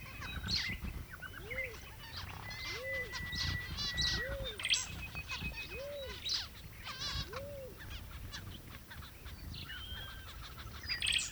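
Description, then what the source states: Busy flock of zebra finches giving nasal beeps and buzzy notes, with a lower arched call repeated about every one and a half seconds. More than one zebra finch.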